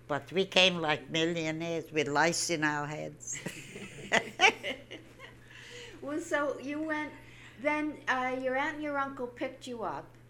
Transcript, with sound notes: But we came like millionnaires with lice in our heads. (They laugh.) So you went, then your aunt and your uncle picked you up.